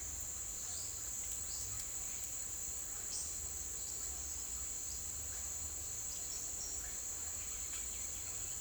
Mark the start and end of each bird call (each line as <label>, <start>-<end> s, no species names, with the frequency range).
bird call (0.9-5.9 kHz), 0.00-8.54 s